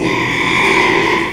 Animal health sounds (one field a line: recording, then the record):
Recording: squeal of a Yucatan mini pig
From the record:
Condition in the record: after surgery on the right vocal fold (resection and tissue-engineered implant)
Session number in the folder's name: 1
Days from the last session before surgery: 6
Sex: male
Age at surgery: 12 weeks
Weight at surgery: 13 kg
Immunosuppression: cyclosporine, prednisolone